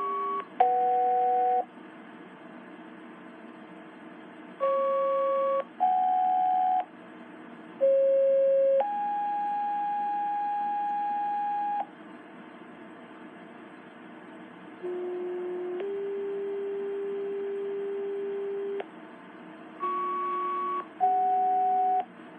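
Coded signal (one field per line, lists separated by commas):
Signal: two-tone page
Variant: Motorola Quick Call II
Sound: series of steady pure tones changing pitch, short tone then long tone pages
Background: light background hiss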